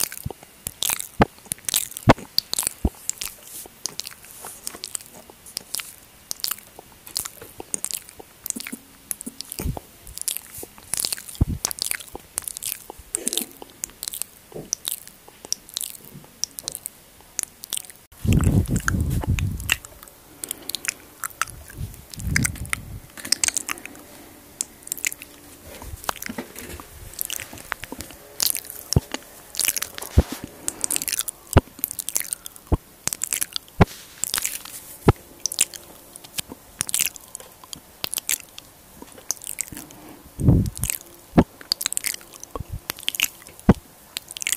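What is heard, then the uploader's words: Mouth sounds: dense, irregular crunching and chewing with sharp clicks and smacks packed throughout the 45 seconds. A few deeper, thumping bursts stand out, the longest near 18 seconds and others around 22 and 40 seconds. MOUTH SOUNDS ASMR.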